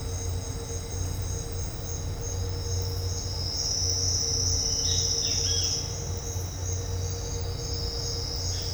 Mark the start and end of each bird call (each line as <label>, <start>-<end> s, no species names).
bird call, 4.78-5.78 s